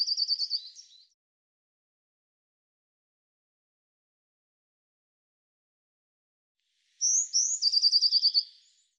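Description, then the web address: Eurasian blue tit phrases, high thin notes running into a fast trilled series, one fragment at the start and another after a long silence. "cianscape birddata Deverinetal 2025 File cleaned normalized Bird Cy Ca"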